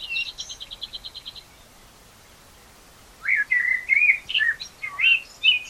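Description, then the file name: Common blackbird song: a rapid high ticking series first, then after a pause a mellow warbled phrase with squeaky high notes. "Turdus merula"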